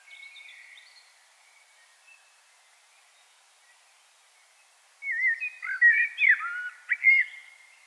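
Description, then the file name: Common blackbird song: a faint thin whistle at first, then after a pause a loud varied phrase of fluting, warbled notes. "Turdus merula"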